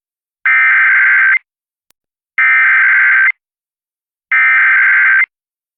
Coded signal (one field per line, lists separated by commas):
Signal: Emergency Alert System (SAME) tones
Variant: header bursts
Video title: 97.5 WABD | WABD Mobile, AL Legal ID and Hurricane Ida Outer-Band EAS Alerts 8/28/21 1-2a ET